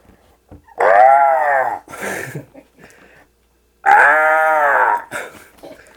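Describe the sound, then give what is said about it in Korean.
A human voice imitates the caw of a crow perched on an old tree, with two long, loud, strained harmonic calls, each about a second long, separated by shorter rough vocal bursts and a brief pause. “마지막으로 고목나무에 앉아 우는 까마귀 소리를 흉내낼 차례가 왔어.”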